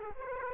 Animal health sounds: mosquito wingbeat signal from an infrared sensor; Aedes aegypti

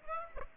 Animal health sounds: mosquito wingbeat signal from an infrared sensor; Aedes aegypti

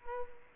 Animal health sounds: mosquito wingbeat signal from an infrared sensor; Culex quinquefasciatus

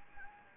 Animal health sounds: mosquito wingbeat signal from an infrared sensor; Anopheles gambiae

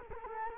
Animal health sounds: mosquito wingbeat signal from an infrared sensor; Culex quinquefasciatus

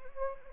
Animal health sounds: mosquito wingbeat signal from an infrared sensor; Anopheles gambiae

